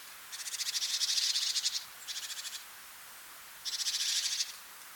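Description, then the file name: Great tit giving harsh buzzy churring bursts, a long rattling phrase, a short one, then another long one after a pause. "Parus major"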